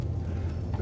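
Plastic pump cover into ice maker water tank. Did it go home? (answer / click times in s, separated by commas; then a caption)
yes / 0.7 s. After the impeller is refitted, a plastic pump cover is pushed into the water tank of the automatic ice maker in a Mitsubishi Electric Multi Drawer Refrigerator over a steady low hum. A short, sharp click at 0.7 s shows the cover seating into place.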